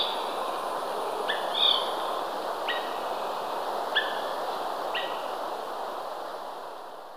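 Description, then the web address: Swainson's thrush uttering several brief, clipped call notes over a soft hissing background. Recorded in Ecuador. "Birds of Ecuador. Swainson's Thrush"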